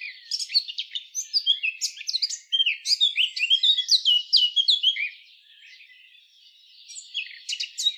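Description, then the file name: Eurasian blackcap delivering a rapid, scratchy warbling phrase of mixed chirps and whistles for about five seconds, then a quieter stretch with a few faint notes near the end. "Sylvia atricapilla"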